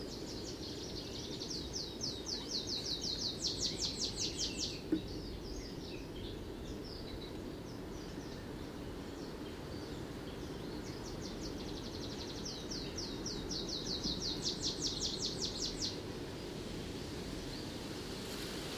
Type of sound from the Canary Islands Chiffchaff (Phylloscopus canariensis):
song